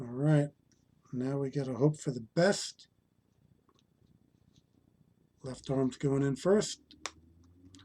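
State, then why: Seated. Someone talks while the left arm of a plastic Build-A-Figure action figure is pushed into the torso's shoulder socket. After a quiet stretch, a sharp snap is heard at 7.1 s. The arm is seated and holds firmly in place.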